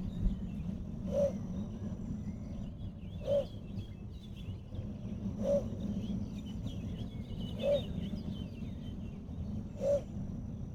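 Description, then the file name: Little bittern gives a short, deep, barking call repeated about every two seconds over a low rumbling noise and a steady high tone. "Tarabusino"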